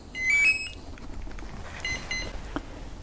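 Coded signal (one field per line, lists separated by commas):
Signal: beep code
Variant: Hobbywing ESC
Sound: a quick three-note rising tone, then a few short high electronic beeps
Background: faint motor clicks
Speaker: so we get the two beeps and that would be where you put it down if you're calibrating in throttle let me get the little ascending tone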